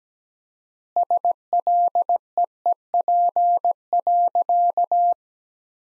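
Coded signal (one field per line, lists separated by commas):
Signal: Morse code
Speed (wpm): 17 wpm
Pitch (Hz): 700 Hz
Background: none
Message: SLEEP.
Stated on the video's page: Morse practice: sentences from the top 500 words at 17 wpm with 4x word spacing, similar to Farnsworth spacing.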